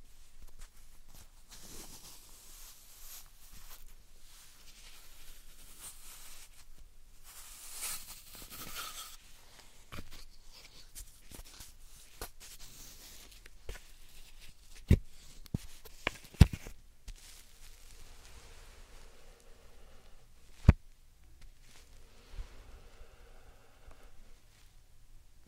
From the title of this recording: ASMR Satisfying Slime Sand Triggers